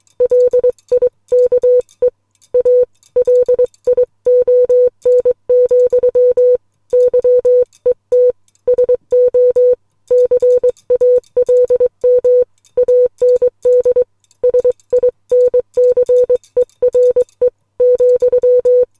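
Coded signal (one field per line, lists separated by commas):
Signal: Morse code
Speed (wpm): 21 wpm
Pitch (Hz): 500 Hz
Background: music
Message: LIKE A LION, YET SO CALM AND SINCERE ,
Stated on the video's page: Morse code poem sent on a Les Logan SpeedX model 500 bug key.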